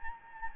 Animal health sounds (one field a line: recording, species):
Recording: mosquito wingbeat signal from an infrared sensor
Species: Anopheles gambiae